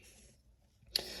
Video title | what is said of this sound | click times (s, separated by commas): Zero tolerance 0470 review! | locks in place it just feels good listen to the sound here | 1.0 s